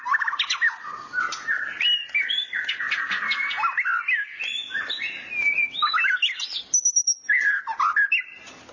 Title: Kicau Murai Batu